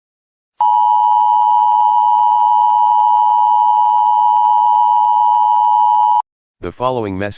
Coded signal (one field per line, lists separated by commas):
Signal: Emergency Alert System (SAME) tones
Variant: 853 and 960 Hz attention tone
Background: speech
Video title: The Hottest Day Ever Recorded in History, an EAS Scenario